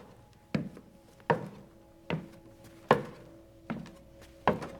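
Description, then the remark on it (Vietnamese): Heavy, thudding footsteps land one after another along a hallway, six dull booming thumps at a slow, steady pace, each ringing out briefly over a faint low hum, with no voices. “Tiếng bước chân lúc này nó cứ thình thịch nghe rất rõ.”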